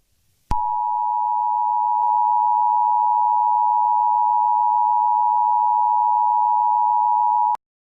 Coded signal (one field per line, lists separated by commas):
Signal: Emergency Alert System (SAME) tones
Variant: 853 and 960 Hz attention tone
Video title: Station KBB85 and WATC radio required monthly and weekly EAS tests